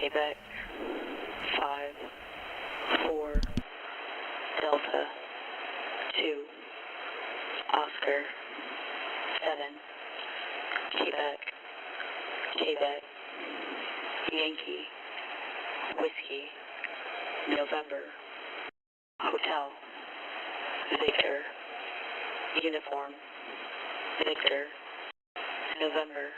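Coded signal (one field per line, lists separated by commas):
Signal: coded military voice message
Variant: US Emergency Action Message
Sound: voice over radio reading phonetic-alphabet letters and numbers, KC five four Delta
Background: radio static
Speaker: so we got an emergency action message coming in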